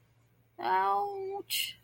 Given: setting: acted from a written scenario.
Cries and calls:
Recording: vocal sound without words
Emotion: pain

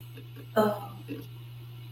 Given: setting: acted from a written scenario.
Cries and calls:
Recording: vocal sound without words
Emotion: embarrassment

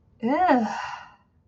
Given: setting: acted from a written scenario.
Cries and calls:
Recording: vocal sound without words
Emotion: disgust

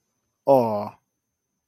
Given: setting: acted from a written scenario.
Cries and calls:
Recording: vocal sound without words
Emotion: adoration

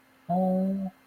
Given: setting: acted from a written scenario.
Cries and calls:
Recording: vocal sound without words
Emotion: sympathy

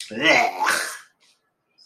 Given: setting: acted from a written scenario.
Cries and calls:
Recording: vocal sound without words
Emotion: disgust

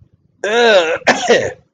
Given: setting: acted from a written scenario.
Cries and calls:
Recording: vocal sound without words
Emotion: disgust

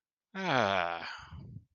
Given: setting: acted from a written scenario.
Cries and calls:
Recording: vocal sound without words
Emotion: ecstasy

